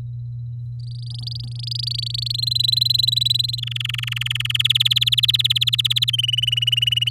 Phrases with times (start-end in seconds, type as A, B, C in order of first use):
0.80-2.32 A, 2.34-3.60 B, 3.62-4.57 C, 4.59-6.11 D, 6.13-7.09 E